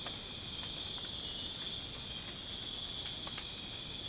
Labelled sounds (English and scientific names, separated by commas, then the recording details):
none
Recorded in pastures near Puerto Asís, Putumayo, Colombia, on 12 March 2025 at 02:00
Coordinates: 0.502, -76.324
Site GP07